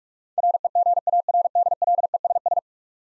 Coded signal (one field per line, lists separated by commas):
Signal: Morse code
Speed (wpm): 46 wpm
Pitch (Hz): 700 Hz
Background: none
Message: REGARDLESS